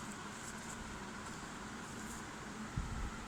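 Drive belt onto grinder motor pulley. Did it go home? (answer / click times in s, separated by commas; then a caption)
no / none. A rubber drive belt for a wet grinder motor is picked up and lined up before being bent and slipped onto the motor pulley, over a steady broadband hum with a brief low thump near 2.8 s. No words are spoken in the clip. The belt has not yet seated or clicked onto the pulley.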